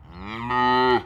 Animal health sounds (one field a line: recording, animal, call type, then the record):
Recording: contact call of a hoofed animal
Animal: cattle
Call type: low-frequency (closed-mouth) or high-frequency (open-mouth) call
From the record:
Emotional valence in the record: negative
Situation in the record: full separation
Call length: 1.06 s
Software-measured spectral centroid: 1620 Hz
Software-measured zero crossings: 1680 a second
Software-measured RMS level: -22 dBFS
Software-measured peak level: -9 dBFS